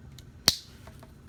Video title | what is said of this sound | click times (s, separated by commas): Glock maritime spring cups installation and firing pin spring upgrade | got this here i'm going to press this down click | 0.5 s